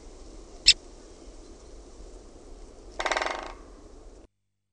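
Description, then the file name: Great spotted woodpecker giving one sharp, clicking call, followed by a short burst of rapid drumming over a steady low background hum. "KAPYTIKKA"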